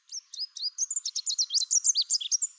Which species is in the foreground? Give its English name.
Chestnut-capped Warbler